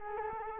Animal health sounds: mosquito wingbeat signal from an infrared sensor; Culex quinquefasciatus

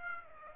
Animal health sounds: mosquito wingbeat signal from an infrared sensor; Aedes aegypti

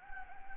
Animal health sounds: mosquito wingbeat signal from an infrared sensor; Anopheles gambiae

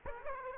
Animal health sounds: mosquito wingbeat signal from an infrared sensor; Aedes aegypti

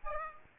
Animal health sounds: mosquito wingbeat signal from an infrared sensor; Aedes aegypti

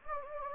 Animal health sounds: mosquito wingbeat signal from an infrared sensor; Anopheles gambiae

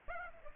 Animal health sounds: mosquito wingbeat signal from an infrared sensor; Aedes aegypti

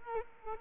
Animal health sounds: mosquito wingbeat signal from an infrared sensor; Culex quinquefasciatus

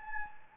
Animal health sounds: mosquito wingbeat signal from an infrared sensor; Anopheles gambiae

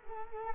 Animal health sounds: mosquito wingbeat signal from an infrared sensor; Culex quinquefasciatus

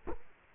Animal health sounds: mosquito wingbeat signal from an infrared sensor; Culex quinquefasciatus

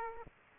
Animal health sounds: mosquito wingbeat signal from an infrared sensor; Aedes aegypti

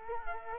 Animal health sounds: mosquito wingbeat signal from an infrared sensor; Culex quinquefasciatus

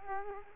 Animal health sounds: mosquito wingbeat signal from an infrared sensor; Culex quinquefasciatus

